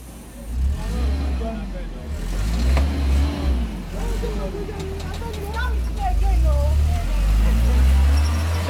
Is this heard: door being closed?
no